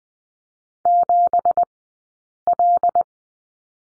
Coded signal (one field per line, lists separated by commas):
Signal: Morse code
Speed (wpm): 20 wpm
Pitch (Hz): 700 Hz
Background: none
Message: 7L